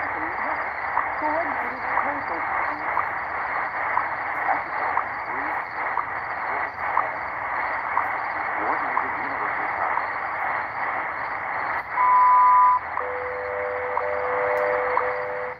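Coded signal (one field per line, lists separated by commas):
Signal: radio time signal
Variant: WWV and WWVH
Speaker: looks like we got both of them WWV and wwvh Hawaii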